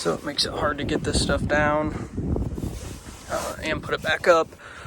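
The folding rear seat of an F-150 pickup, now fitted with Rough Country seat covers, is handled while being pushed back up toward its seat-back lock, with the seat latch not yet home. Someone talks over soft rustling and handling sounds, with one brief sharp knock near 2.4 seconds. Nothing has seated or clicked yet.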